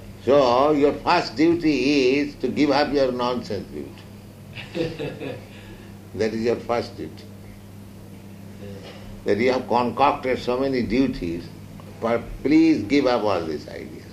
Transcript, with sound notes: So your first duty is to give up your nonsense duty. [laughter] That is your first duty. That "You have concocted so many duties, but please give up all these ideas,"